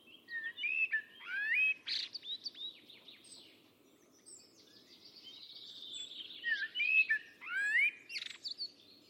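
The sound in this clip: Bird singing rich warbled phrases of whistles and sweeping notes, a quieter pause midway, then more varied bursts, with faint low background noise throughout.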